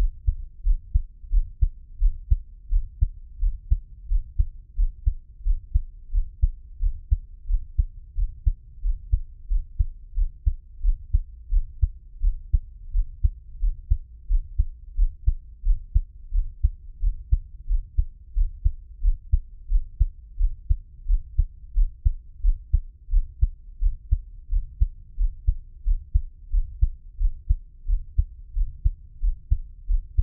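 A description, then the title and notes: A heartbeat thuds steadily, each beat a soft, deep double knock repeating at an even pace of a little over one per second. The sound stays low and muffled throughout, with a faint hiss underneath and nothing else intruding. 獻上我的心跳 | Give my Heartbeat | NO Talking.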